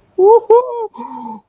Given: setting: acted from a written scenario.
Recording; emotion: vocal sound without words; positive surprise